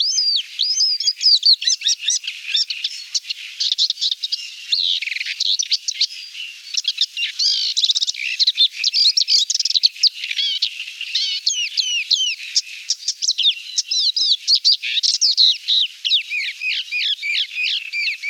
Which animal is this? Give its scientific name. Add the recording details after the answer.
Acrocephalus agricola. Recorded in the wild. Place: Damtschik/Wolgadelta, RU. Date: 1998-05-15. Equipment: Dat-Recorder Casio DA 7, Telinga DAT, Telinga-Parabolspiegel. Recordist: Schwarz, Dieter